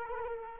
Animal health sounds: mosquito wingbeat signal from an infrared sensor; Culex quinquefasciatus

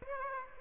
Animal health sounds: mosquito wingbeat signal from an infrared sensor; Aedes aegypti

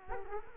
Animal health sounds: mosquito wingbeat signal from an infrared sensor; Culex quinquefasciatus

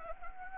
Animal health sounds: mosquito wingbeat signal from an infrared sensor; Anopheles gambiae

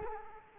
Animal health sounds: mosquito wingbeat signal from an infrared sensor; Culex quinquefasciatus

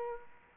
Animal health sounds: mosquito wingbeat signal from an infrared sensor; Aedes aegypti

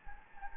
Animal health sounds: mosquito wingbeat signal from an infrared sensor; Anopheles gambiae

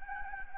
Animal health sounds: mosquito wingbeat signal from an infrared sensor; Anopheles gambiae

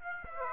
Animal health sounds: mosquito wingbeat signal from an infrared sensor; Aedes aegypti

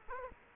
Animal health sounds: mosquito wingbeat signal from an infrared sensor; Culex quinquefasciatus

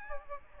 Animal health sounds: mosquito wingbeat signal from an infrared sensor; Aedes albopictus

